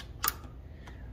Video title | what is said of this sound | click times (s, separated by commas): How To Hook Up Ethernet Into HP Laptop And Router | and then you just gently push the ethernet cable in until it clicks all the way into place and is secured properly | 0.3 s